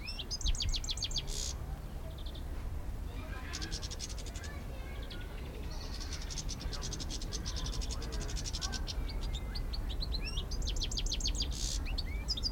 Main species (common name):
European Greenfinch